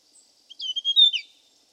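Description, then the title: Hill prinia giving a single quick phrase of sharp, high chirping notes, ending with a downward slur. "prenjk gnung. Suara burung prenjak gunung"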